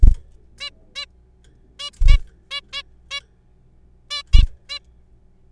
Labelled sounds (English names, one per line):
Zebra Finch